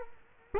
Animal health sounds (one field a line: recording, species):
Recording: mosquito wingbeat signal from an infrared sensor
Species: Culex quinquefasciatus